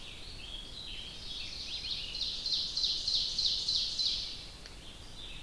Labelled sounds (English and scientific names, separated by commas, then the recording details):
Ovenbird (Seiurus aurocapilla) song
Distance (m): 60 m
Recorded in boreal forest in Alberta, Canada, on 1 July 2016 at 05:36
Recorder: SongMeter 3, array SBT-6-79
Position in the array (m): 225 m, 11 m
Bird 39